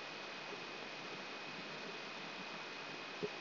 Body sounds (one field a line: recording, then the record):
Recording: brain microelectrode recording played as sound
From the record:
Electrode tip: outside the subthalamic nucleus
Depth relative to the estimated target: -3 mm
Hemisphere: right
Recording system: AlphaMap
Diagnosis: Parkinson's disease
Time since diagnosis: 11 years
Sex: male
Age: 66 years